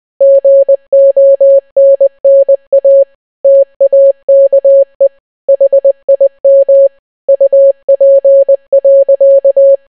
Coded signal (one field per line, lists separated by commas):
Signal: Morse code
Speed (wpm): 20 wpm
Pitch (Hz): 550 Hz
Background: none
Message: GONNA TAKE HIM UP.